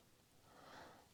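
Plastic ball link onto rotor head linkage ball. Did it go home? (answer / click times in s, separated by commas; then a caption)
no / none. A plastic ball link is handled against its linkage ball on the rotor head of an Align 550X three-bladed RC helicopter head. Only a faint, breathy rustle is heard, swelling slightly around 0.6–0.9 seconds. Nothing has seated or clicked yet.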